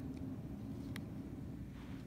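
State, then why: Seated. A display cable connector is pushed into its socket on the logic board of a MacBook Pro A1398 laptop, against a steady low hum. A single sharp click at 1.0 s marks the connector seating.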